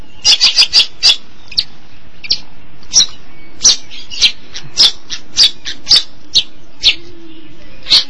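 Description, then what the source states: Long-tailed Shrike calls: a quick cluster of sharp, high notes, then single clipped chips spaced roughly half a second apart. Recorded March 2017.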